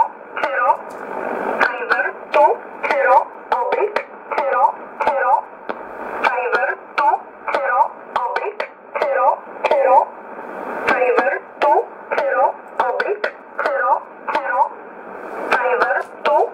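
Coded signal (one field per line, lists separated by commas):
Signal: numbers station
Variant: E11 Oblique, English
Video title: 31 01 2019 E11 Oblique Numbers station in English 1531 on 5082 unknown tx site in USB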